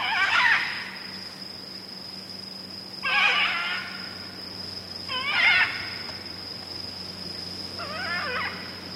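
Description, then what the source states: Red-and-green Macaw calls, four harsh raucous squawks spaced about two to three seconds apart, with a steady high tone running throughout. Calls given in flight.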